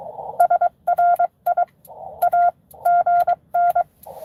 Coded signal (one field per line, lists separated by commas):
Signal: Morse code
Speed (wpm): 22 wpm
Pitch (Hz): 700 Hz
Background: none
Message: SRI AGN